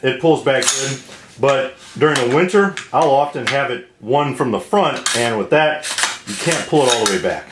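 Someone talks while handling the adjustable collapsible buttstock on the buffer tube of a Diamondback DB15FDE AR-15 rifle, set one position from the front for winter clothing, so it cannot pull straight back and must be moved through its position detents. Nothing has seated or clicked into position yet by the end of the clip.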